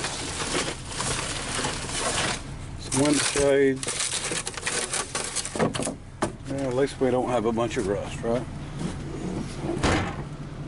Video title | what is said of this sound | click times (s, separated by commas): 1959 FORD GALAXIE FAIRLANE 500 STORAGE LOT FIND | So the trunk's not latching. | none